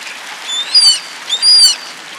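Inca tern with two thin, squealing calls that rise then fall, over a soft background hiss.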